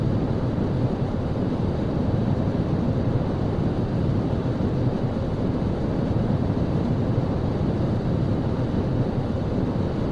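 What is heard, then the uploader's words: Airplane cabin noise: a steady, dense roar weighted heavily toward the low end, with a dull rumble underneath and a softer hiss above. The level holds constant for the whole ten seconds, with no distinct events or changes. Airplane Cabin Sounds for Sleep. Soothing airplane cabin sounds.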